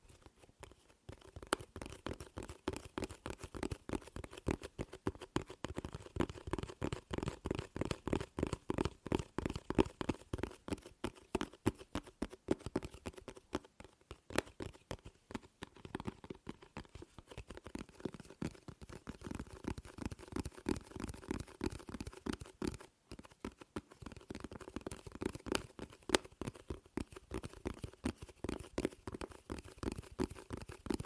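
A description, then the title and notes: Tapping on objects in a dense, rapid stream of sharp clicks, packed tightly for most of the half minute with short pauses near 14 and 23 seconds. The taps have a dull, woody body with a crisp top and vary somewhat in speed and loudness. ASMR Fast & Slow Tapping on 6 Objects No Talking.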